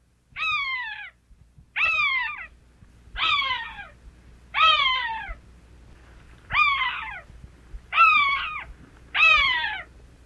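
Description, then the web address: Cooper's hawk calling: seven harsh, drawn-out wailing notes that slide downward, each under a second long, repeated roughly every one and a half seconds. "Thumbs Plus Zoo Field Guide Repository"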